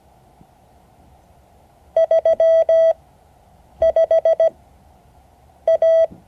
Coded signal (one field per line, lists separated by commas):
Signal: Morse code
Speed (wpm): 17 wpm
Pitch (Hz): 650 Hz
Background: none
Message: 35 A